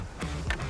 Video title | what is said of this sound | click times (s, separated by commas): Okuma Wednesdays: Pro Tips & Tackle Talk #754 | snap right in. And you'll see there's a little notch right here. It's gonna snap right on place. Right. | 0.5 s